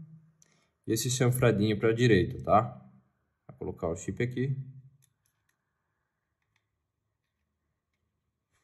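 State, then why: Not seated. A SIM chip is placed at the slot of a 4G night-vision camera and lined up before being pressed home, while someone talks from about 0.9 to 5 seconds. Only faint ticks are heard among the speech. The chip has not been pushed in or clicked into place yet.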